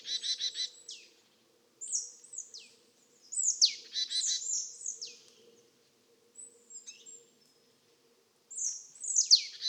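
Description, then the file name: Marsh Tit calling: quick buzzy triplets and sharply falling whistled notes, in bursts separated by short pauses. "Poecile palustris"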